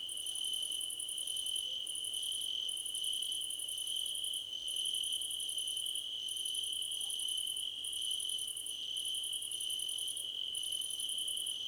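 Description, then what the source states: Dense cricket chorus: an unbroken shrill trill with rapid high chirp trains lasting about a second each, separated by brief gaps. Several crickets chirping together, described as a choir competition.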